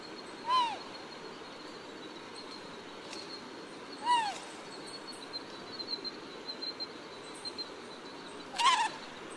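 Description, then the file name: Collared scops owl giving single soft, down-curving hoots, three in about nine seconds at irregular intervals, with a thin steady insect tone and faint chirps behind. "領角鴞"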